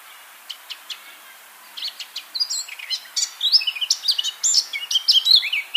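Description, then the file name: Eurasian blackcap song starting with sparse ticking notes, then speeding into a loud, varied warble with fluty whistles. "Sylvia atricapilla"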